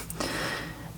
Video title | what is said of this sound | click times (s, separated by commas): Fixing The Most ANNOYING Thing About Our Audi SQ5 | we didn't really get a click from it, but I know it's not going to come out because | none